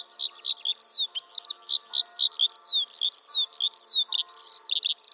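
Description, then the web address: Bird chattering: rapid, continuous high-pitched chirps and downslurred whistles tumbling together without pause, ending in a burst of sharp notes. "Deverinetal"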